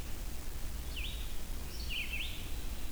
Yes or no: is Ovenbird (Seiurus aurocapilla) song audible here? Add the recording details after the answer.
no. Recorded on 23 June 2016 at 06:30. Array SBT-6-76